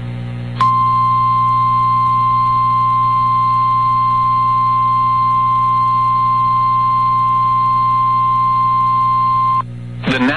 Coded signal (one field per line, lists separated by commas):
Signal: Emergency Alert System (SAME) tones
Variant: 1050 Hz attention tone